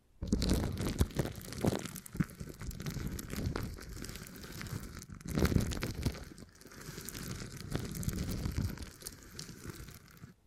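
Beeswax being handled produces continuous soft crinkling and sticky crackling, with denser, louder bursts around one, five and eight seconds.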